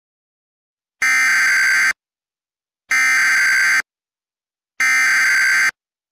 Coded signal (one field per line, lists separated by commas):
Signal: Emergency Alert System (SAME) tones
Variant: header bursts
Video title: EAS Recreation (10/13/24): Teton Fires